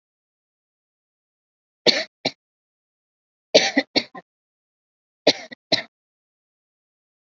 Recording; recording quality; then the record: heavy voluntary cough; excellent, no background noise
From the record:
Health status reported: COVID-19 positive, mild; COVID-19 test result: positive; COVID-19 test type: RT-PCR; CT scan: not taken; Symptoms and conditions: fatigue, diabetes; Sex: female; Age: 49 years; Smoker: no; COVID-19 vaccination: both doses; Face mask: worn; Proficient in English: no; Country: India